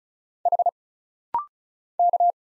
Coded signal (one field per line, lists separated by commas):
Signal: Morse code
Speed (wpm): 35 wpm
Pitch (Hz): 700 Hz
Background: none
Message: H K